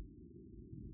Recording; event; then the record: neck accelerometer signal played as sound; no cough (speech, laughter, throat clearing or background)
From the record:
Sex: male